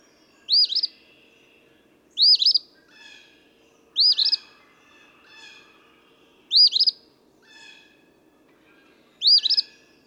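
Eastern phoebe singing five raspy two-note phrases, with softer notes in between.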